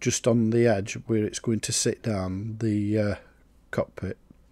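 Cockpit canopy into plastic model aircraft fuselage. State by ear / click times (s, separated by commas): not seated / none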